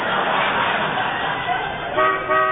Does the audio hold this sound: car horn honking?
yes